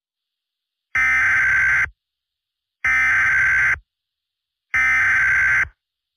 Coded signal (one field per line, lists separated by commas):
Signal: Emergency Alert System (SAME) tones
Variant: header bursts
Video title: EAS Scenario #7: Cold War has Gone Wrong (2040)